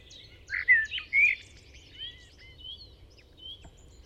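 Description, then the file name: Common blackbird, two loud, smooth whistled phrases early on, followed by faint, thin high notes. "Turdus merula"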